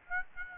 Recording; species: mosquito wingbeat signal from an infrared sensor; Aedes aegypti